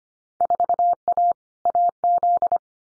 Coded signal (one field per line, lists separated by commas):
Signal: Morse code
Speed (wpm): 25 wpm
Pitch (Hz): 700 Hz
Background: none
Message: 4A AZ